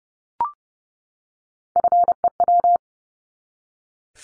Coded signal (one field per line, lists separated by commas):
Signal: Morse code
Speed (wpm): 30 wpm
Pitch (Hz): 700 Hz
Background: none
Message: FEW